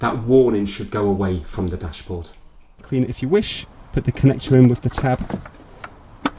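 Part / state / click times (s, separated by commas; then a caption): wiring connector into rear light cluster / seated / 6.3 s. Someone talks while the wiring connector for the bulb holder is pushed onto the rear light cluster of a 2013 Fiat 500 Lounge with its tab lined up. A sharp tick at 6.3 s marks the connector locking into place, fully seated.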